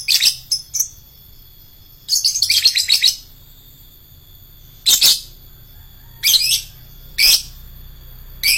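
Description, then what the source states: Lovebird giving rapid scratchy chatter, a dense run of notes, then separate harsh bursts at intervals. Adult lovebird of the fighter type.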